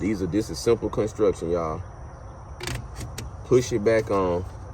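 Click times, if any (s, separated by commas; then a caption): none. Someone talks while pushing a plastic drain-line coupling adapter back onto the drain fitting of a garden irrigation water tower. Brief sharp handling ticks are heard at about 2.7 s and 3.2 s. Nothing has seated or clicked yet.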